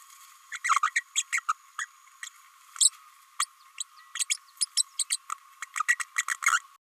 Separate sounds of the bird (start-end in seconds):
0.52-0.59, 0.64-0.80, 0.82-0.90, 0.95-1.00, 1.15-1.23, 1.32-1.40, 1.48-1.53, 1.78-1.86, 2.23-2.29, 3.39-3.45, 3.80-3.83, 4.19-4.25, 4.29-4.37, 4.61-4.65, 4.77-4.83, 4.99-5.04, 5.10-5.16, 5.77-5.82, 5.88-5.95, 5.99-6.04, 6.17-6.23, 6.52-6.60